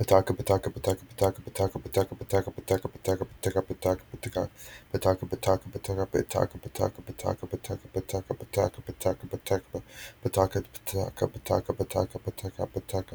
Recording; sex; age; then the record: repeated syllables /pa ta ka/; male; 20 to 29 years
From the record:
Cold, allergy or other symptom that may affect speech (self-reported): no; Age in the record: 22 years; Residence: Virginia, United States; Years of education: 16